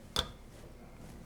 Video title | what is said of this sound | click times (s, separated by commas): Completely Rebuilding a Commercial 8 Qt KitchenAid! Make your 7/8Qt 1.3 HP DC Mixer Brand New!! | And once we have it lined up, we're just going to push down. You will hear a click. | 0.2 s